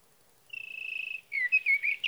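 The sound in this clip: Sage thrasher song, opening with a steady sustained note, then quick warbling slurred phrases.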